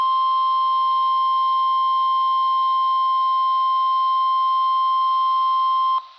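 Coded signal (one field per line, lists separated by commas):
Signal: Emergency Alert System (SAME) tones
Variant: 1050 Hz attention tone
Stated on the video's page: High Wind Warning from a Mount Jefferson NOAA Weather Radio transmitter on 162.500 MHz, received about 82 miles away on a RadioShack 12-254 weather radio.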